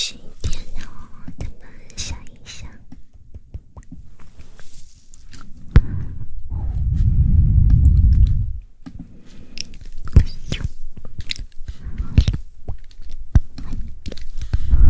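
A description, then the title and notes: Fast mouth sounds: quick wet clicks, pops and smacks come in rapid, uneven bursts throughout. A heavier low rumbling patch swells from about six to eight and a half seconds, and a soft breathy hiss sits underneath the clicking. ASMR Fast Mouth Sounds.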